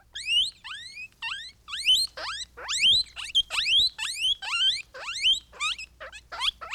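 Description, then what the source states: Guinea pig giving rapid, insistent wheeks, loud rising whistled squeals packed closely together, nearly continuous over several seconds. Hungry guinea pig, recorded close.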